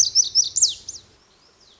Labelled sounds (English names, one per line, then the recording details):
Lazuli Bunting
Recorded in Sonoma County, California